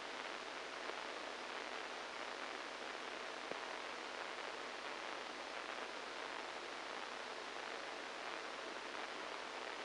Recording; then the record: brain microelectrode recording played as sound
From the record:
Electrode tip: inside the subthalamic nucleus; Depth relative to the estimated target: -5 mm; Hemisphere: right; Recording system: NeuroSet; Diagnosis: Parkinson's disease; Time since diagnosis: 7 years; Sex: male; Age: 69 years